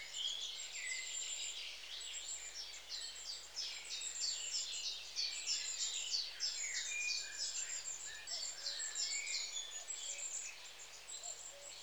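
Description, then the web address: Long-tailed tit calling almost nonstop, many high thin notes filling the whole stretch. "BBC Sound Effects Library. Long Tailed TIT"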